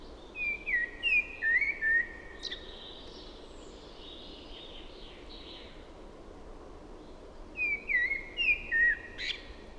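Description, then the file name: Common blackbird sings a short series of mellow whistles with a high scratchy tail, a long quiet gap, then a similar phrase again. "Turdus merula"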